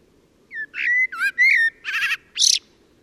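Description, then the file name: Common blackbird song phrase: a few clear whistled notes, then two buzzy, harsh notes at the end. "Turdus merula"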